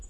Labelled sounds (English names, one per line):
Townsend's Warbler flight call